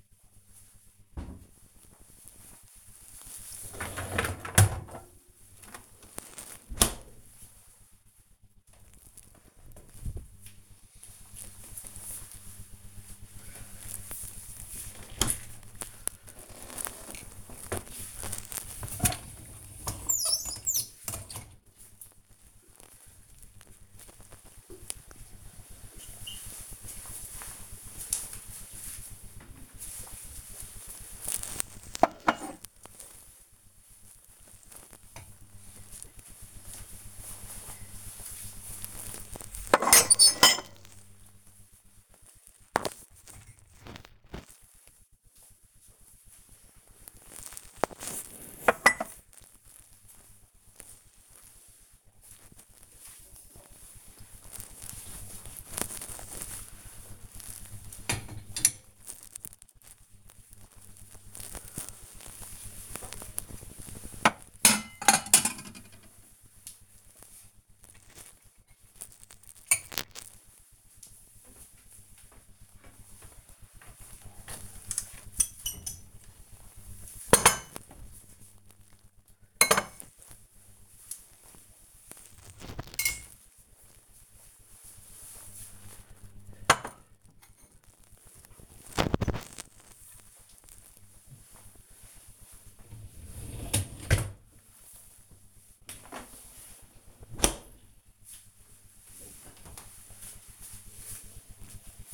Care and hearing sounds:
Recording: household activities, microphone on the right wrist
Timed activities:
0.00-6.55 s: cleaning out the dishwasher
12.60-97.17 s: cleaning out the dishwasher

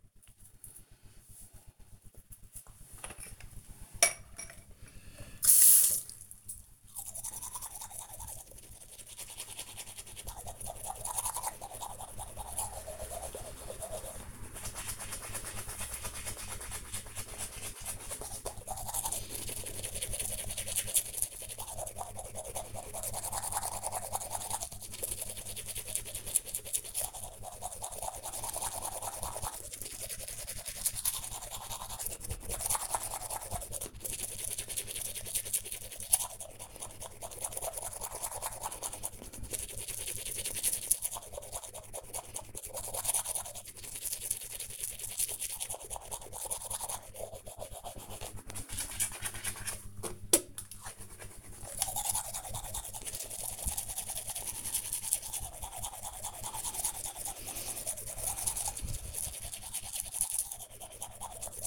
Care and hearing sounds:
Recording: household activities, microphone on the right wrist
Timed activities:
0.00-61.67 s: brushing teeth

